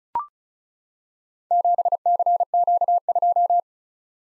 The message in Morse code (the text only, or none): 7CQ2